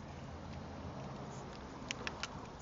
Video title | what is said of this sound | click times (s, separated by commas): 750 GALLON GPS SPRAYER | it until it locks in place. So that's the communication. | 1.9 s